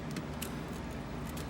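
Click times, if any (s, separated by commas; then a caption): 0.4 s. An adapter chip for a Fast ATA install is pressed down over the Gayle chip on an Amiga 1200 motherboard. A faint tick comes at 0.2 s, then a short, sharp snap at 0.4 s over a steady low hum. The adapter seats onto the chip, felt crunching down into place.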